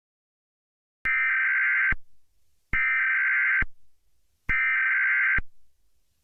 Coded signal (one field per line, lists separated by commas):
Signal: Emergency Alert System (SAME) tones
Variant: header bursts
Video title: EAS Scenario - "Splatter"